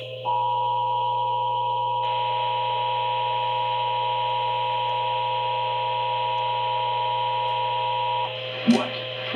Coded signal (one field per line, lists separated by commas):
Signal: Emergency Alert System (SAME) tones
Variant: 853 and 960 Hz attention tone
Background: speech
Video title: KUHT THEY AGAIN A TWICE... EAS Alerts From 6/20/26 (EAS#6,126 - 6,185)